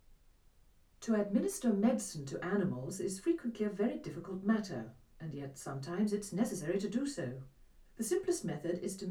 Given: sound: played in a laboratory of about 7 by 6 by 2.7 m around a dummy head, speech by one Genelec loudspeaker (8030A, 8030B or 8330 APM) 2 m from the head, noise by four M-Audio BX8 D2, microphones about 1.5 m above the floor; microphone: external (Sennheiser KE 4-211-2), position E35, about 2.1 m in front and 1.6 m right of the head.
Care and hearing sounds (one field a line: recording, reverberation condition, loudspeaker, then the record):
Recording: female speech in English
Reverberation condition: low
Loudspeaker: 90 degrees to the left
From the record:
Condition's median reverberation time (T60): about 310 ms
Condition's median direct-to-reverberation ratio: about 3.5 dB